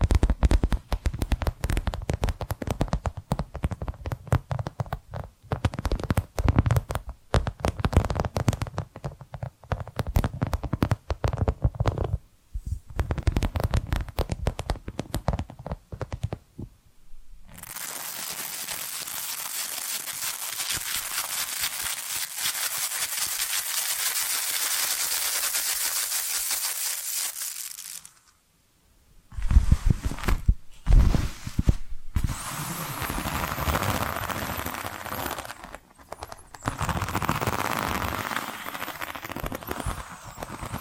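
Tapping and scratching sounds: rapid, dense taps for the first seventeen seconds, then a steady, hissy scratching that runs unbroken until about 28 seconds. After a brief silence, quick taps mixed with brighter scratching return and continue to the end.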